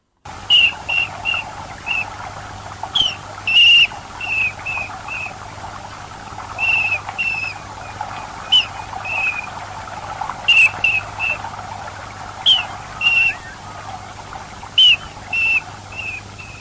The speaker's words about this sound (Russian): Зимородок.